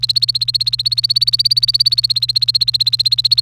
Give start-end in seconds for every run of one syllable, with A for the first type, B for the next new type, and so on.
0.00-3.40 A